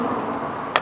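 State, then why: Not seated. A metal retaining clip, probably the circlip for the centre bearing on a VE Commodore driveshaft during a centre bearing and drive coupling replacement, is being tapped toward its shaft groove with a flat-blade screwdriver and hammer. A steady low background hum runs throughout, broken by one sharp, bright hit at about 0.75 s. The clip is only being handled here and has not yet seated or clicked into the groove.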